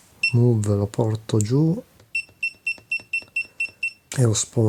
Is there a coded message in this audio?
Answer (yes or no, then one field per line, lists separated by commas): no